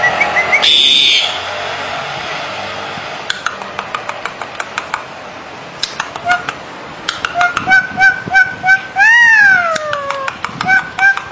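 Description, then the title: Bali myna calls: noisy sounds, then sharp clicks, repeated whistled notes and a loud rising-falling call. "Jalak Bali"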